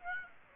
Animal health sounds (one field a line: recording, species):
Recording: mosquito wingbeat signal from an infrared sensor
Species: Aedes aegypti